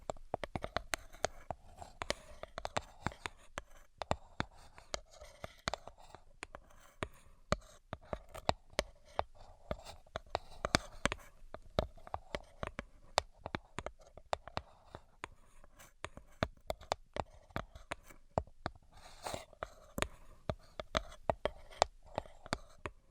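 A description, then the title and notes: 3D tapping made of rapid, sharp taps that fall in irregular bursts throughout, some clusters denser around the middle and near the end. Each tap is crisp and bright. A soft, faint scratching, like writing, runs quietly beneath. Brain Penetrating 3D Tapping.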